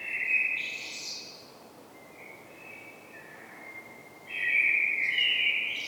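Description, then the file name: Common blackbird with drawn-out high notes, a soft lower passage in the middle, and a strong, bright stretch of calling over the last seconds. "Turdus merula"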